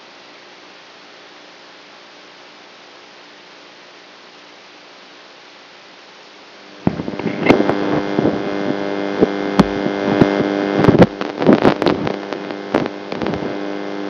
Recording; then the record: brain microelectrode recording played as sound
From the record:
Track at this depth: outside the subthalamic nucleus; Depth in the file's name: -1.509 mm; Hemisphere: right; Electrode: 3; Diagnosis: Parkinson's disease